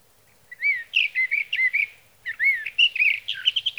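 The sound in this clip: Sage thrasher warbling song in two phrases separated by a brief gap, with quick, varied, musical notes.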